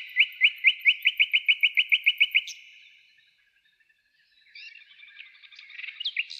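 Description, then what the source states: Nightingale delivering a rapid series of many identical loud notes over about two seconds, followed by silence and softer scratchy, varied phrases. Nightingale trill.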